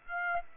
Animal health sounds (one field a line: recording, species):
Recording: mosquito wingbeat signal from an infrared sensor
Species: Aedes aegypti